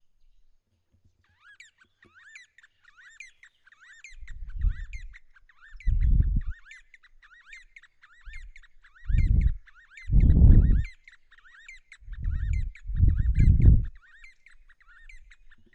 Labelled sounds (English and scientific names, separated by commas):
D'Arnaud's Barbet (Trachyphonus darnaudii)